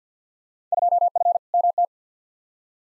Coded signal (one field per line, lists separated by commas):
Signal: Morse code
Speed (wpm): 50 wpm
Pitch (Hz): 700 Hz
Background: none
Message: 2F MT